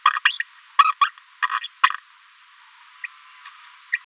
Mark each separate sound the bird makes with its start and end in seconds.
0.05-0.11, 0.25-0.38, 0.84-0.92, 1.01-1.09, 1.51-1.59, 1.83-1.89, 3.92-3.96